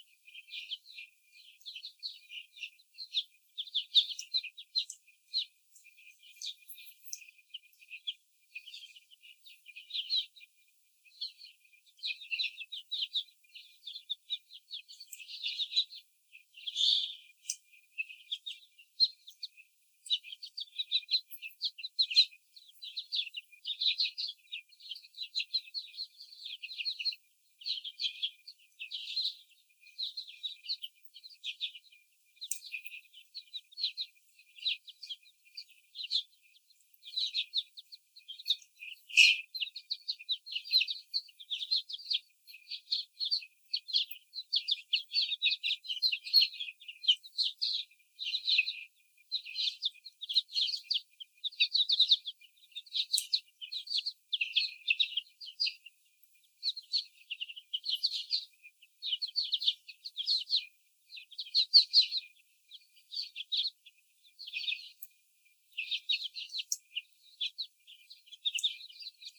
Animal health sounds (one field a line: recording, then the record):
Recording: young laying hens in a cage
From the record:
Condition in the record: before the stressor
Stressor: sudden umbrella opening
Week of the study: 3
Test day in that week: 2